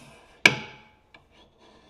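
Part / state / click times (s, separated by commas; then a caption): tie-down cleat into bedside rail hole / not seated / none. A tie-down cleat on an aluminium integral bedside rail of a 2019+ Chevy Silverado / GMC Sierra 1500 short bed has its tab pulled back and is slid along the rail toward the next locking hole. A sharp, loud metallic hit at 0.46 s rings out and fades over about half a second, and a faint tap follows at 1.15 s. The cleat has not yet clicked or locked into the next hole.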